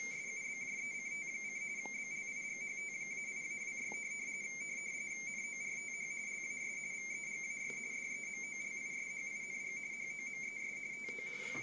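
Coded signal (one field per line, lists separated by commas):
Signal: RTTY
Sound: steady warbling two-tone teletype chatter near 2 kHz, continuous for the whole clip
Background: background hiss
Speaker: what's happening now is this is playing a live stream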